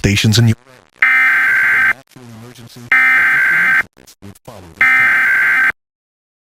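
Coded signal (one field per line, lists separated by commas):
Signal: Emergency Alert System (SAME) tones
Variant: header bursts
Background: speech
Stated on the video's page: State of Georgia Required Monthly Test carried live on a livestream of television station WUPA.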